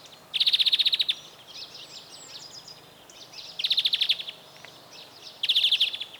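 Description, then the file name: European greenfinch giving three loud, rapid chattering trills, with softer twittering notes in between. "Chloris chloris"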